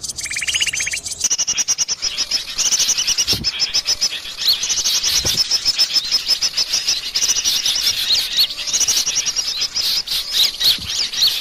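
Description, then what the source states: Bird calls, a brief buzzy trill, then long continuous high twittering and chirps. Bird lure call (pikat), described as a thousand birds.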